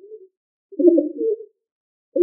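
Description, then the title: Pigeon coo: one soft, low, burbling phrase, with brief fragments of cooing just before and after. "Familia ColumbidaePomba"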